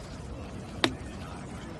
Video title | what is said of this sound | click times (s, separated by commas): Midtown Tent Full Version | once we hear that snap we know it's locked in place | 0.8 s